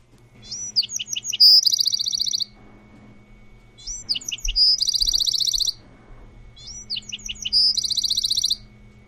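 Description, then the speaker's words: Bewick's Wren song, three bursts about three seconds apart, each opening with sharp high notes then a fast loud buzzy trill; faint low hum underneath. Very loud trill of a small songbird about 5.5 inches long; Tiburon, San Francisco Bay. "For a relatively small bird, at only about 5.5 inches long, from the tip of their beak to the end of their tail, it has no trouble making its presence known with its very loud trill."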